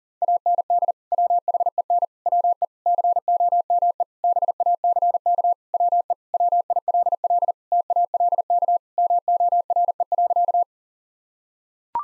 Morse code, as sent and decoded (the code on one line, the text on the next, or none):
.- -. -.. / .-- .... . -. / .-- . / -.-. --- -- . / -... .- -.-. -.- / .-- . / .-- .. .-.. .-.. / - .- .-.. -.- / -- --- .-. . .-.-.-
AND WHEN WE COME BACK WE WILL TALK MORE.